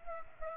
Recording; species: mosquito wingbeat signal from an infrared sensor; Aedes aegypti